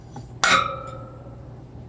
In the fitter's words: It's clicked back into place.